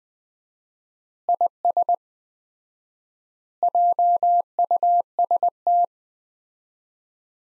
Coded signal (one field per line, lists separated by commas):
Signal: Morse code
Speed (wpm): 20 wpm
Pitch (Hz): 700 Hz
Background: none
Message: IS JUST